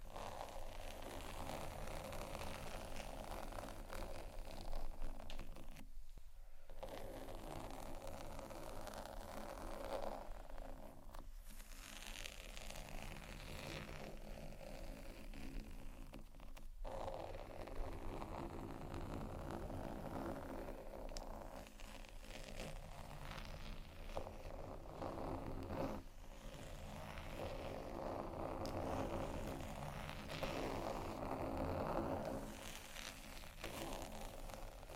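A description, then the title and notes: Tapping and scratching on bags, a dense, constant rustle and crackle with no real pauses. A low steady hum runs underneath throughout, and the scratching briefly drops away around 6, 11 and 17 seconds before resuming. ASMR Tappingscratching Galore 4 Bags (No Talking).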